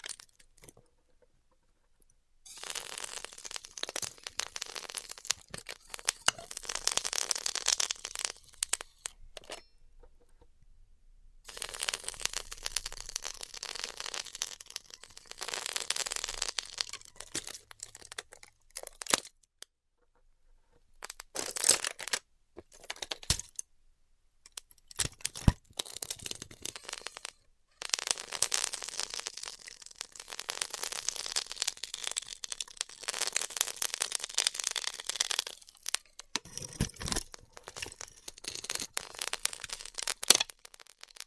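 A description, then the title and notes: Styrofoam being cut with heat gives off bursts of bright, crackling hiss, each running several seconds with brief pauses between. The crackle is dense and irregular, with sharp ticks scattered through it, and a faint low hum sits underneath during the first ten seconds. ASMR Styrofoam Heat Cutting (No Talking).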